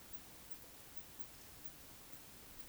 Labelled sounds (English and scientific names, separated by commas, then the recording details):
Eurasian Woodcock (Scolopax rusticola) whistle
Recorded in Baden-Württemberg, Germany, on 11 June 2021 at 20:26 UTC
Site 24608, 624 m above sea level